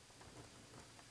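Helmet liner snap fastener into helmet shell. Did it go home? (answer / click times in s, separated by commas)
no / none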